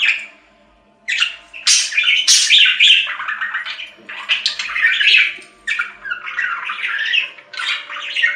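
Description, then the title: Budgerigar chatter: a fast, busy stream of scratchy squawks and chirps, broken by short pauses, with a faint steady hum underneath. "Budgie Sounds"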